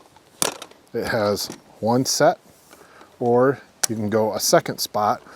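A tripod leg is pulled outward until its positive-retention stop gives a sharp click at 0.4 s, locking the leg at its first spread position. Someone talks over the rest of the clip.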